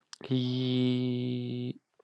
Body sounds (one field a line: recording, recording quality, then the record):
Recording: sustained vowel as in beet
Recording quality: excellent, no background noise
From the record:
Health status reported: healthy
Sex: male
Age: 42 years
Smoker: no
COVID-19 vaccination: one dose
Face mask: not worn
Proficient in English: yes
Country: India